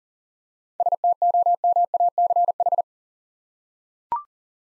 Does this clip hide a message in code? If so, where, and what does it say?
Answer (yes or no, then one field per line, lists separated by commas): yes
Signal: Morse code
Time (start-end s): 0.8-2.8 s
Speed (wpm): 40 wpm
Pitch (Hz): 700 Hz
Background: none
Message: STOMACH